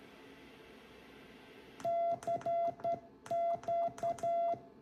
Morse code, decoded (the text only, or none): CQ